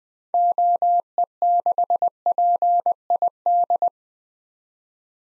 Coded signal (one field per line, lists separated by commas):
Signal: Morse code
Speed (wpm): 20 wpm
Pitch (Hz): 700 Hz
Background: none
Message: OE6PID